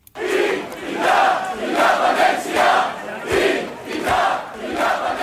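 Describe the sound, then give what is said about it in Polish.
A large protest crowd on the streets of Catalan cities, Spain, protesting the arrest of 14 members of the autonomous government, chants the slogan "independencia" (independence) in unison, the loud voiced phrase repeating in a steady rhythm about once a second, with rising swells and no individual speech. “członkowie ultralewicowej partii Podemos, a najczęściej skandowane hasłem była independencja, niepodległość.”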